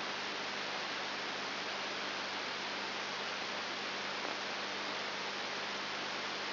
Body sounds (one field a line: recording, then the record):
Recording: brain microelectrode recording played as sound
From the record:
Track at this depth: inside the subthalamic nucleus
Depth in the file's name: 5.5 mm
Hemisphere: left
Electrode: 3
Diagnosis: Parkinson's disease